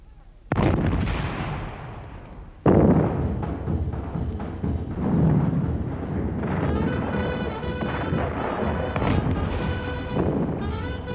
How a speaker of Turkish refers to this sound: Ve bir anda İstanbul semalarında toplar gümbürdemeye başlar.